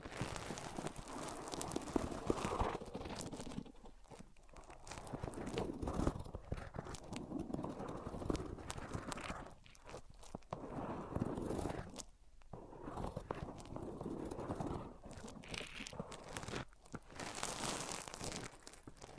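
A microphone is rubbed against various surfaces, making dense, rough scraping and crinkling noise that fills the low and high range. The rubbing comes in uneven bursts, with short quieter gaps around four, ten and twelve seconds, and brighter, hissier stretches near the start and end.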